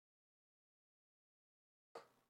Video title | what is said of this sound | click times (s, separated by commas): Chat, Chill, N' Build Stream - Box Turtle Upgrade - Part 3 !merch | until I hear it click | 2.0 s